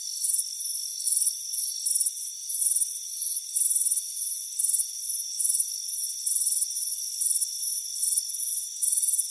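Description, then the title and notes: Crickets chirping, sharp high pulses coming in quick succession, over a constant high-pitched background hum. Crickets chirping on a front porch on a warm afternoon. "Soothing Crickets Chirping Sound. It's a warm afternoon as you relax in a hammock on the front porch"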